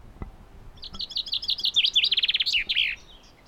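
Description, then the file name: Common chaffinch song: a bright, quickening series of descending notes that speeds into a rattling trill and ends in a short flourish, after two knocks. "Fringilla coelebs"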